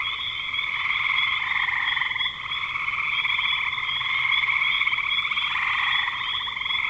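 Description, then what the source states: Frogs in a steady chorus, many overlapping rattling trills merging into an unbroken buzzing hum. Frogs recorded in spring 2025.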